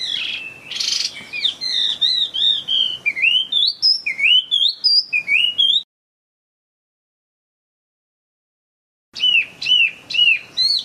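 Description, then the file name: Chinese hwamei song: a series of rising whistled notes repeated about twice a second, then silence and a fresh run of looping whistles. Hwamei in gacor condition, in full song. "audio-hwamei-gacor -omkicau"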